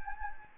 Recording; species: mosquito wingbeat signal from an infrared sensor; Anopheles gambiae